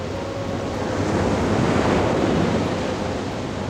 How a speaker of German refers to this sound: Fast das ganze Jahr 1969 über bin ich in Isla Negra. Schon vom frühen Morgen an steigt das Meer auf fantastische Weise.